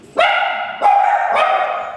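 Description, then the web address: Dog giving three drawn-out, tonal whining yelps, each starting sharply and then holding a steady pitch. Recorded on 22 July 2013 at 13:07. "2013 JUL 22 13 07 22 DOG"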